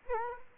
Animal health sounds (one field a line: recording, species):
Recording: mosquito wingbeat signal from an infrared sensor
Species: Culex quinquefasciatus